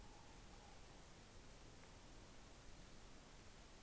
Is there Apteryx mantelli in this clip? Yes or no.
no